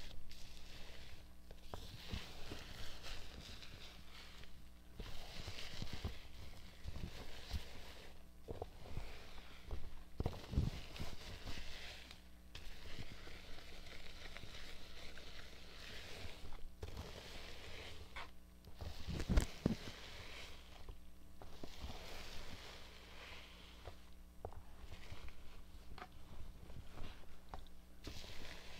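Shampoo is worked through hair in repeated soft, wet rubbing bursts, with occasional clicks and a low steady hum underneath.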